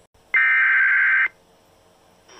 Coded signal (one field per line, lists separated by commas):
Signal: Emergency Alert System (SAME) tones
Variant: header bursts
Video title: EAS 3900!!!!!!!!!!!!! (EAS Alerts from 7/17/22)